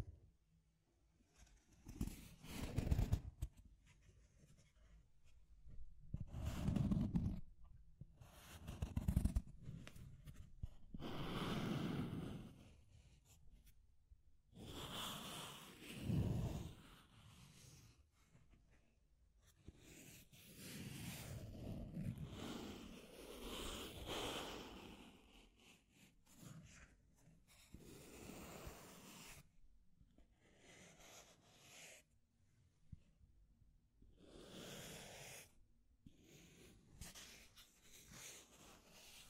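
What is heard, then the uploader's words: Deep scratching comes in rough bursts of varying length, separated by short silent gaps throughout. The strokes are gritty and fairly bright, with heavier, lower scrapes around 3, 7, 10 and 16 seconds, and quicker, lighter passes toward the end. Deep Scratching. (No Talking).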